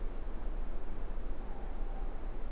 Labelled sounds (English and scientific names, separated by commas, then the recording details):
Morepork (Ninox novaeseelandiae) more-pork call
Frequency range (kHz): Morepork (Ninox novaeseelandiae) 0.7-1.0 kHz
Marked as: faintness 4/5
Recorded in New Zealand
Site Eglinton